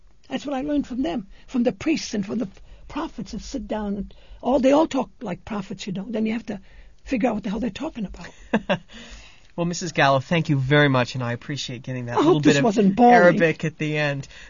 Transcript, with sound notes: That's what I learned from them, from the priests and from the prophets who sit down and, they all talk like prophets, you know, then you have to figure out what the hell they're talking about.
( he laughs ) Well, Mrs. Gallo, thank you very much, and I appreciate getting that little bit in Arabic at the end.